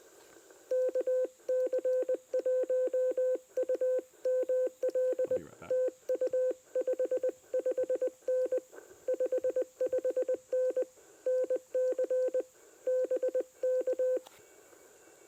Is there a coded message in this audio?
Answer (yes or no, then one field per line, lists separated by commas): yes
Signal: Morse code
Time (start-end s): 0.7-14.2 s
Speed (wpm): 20 wpm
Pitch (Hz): 510 Hz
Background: none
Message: KC1UML TU 55N 55N NC BK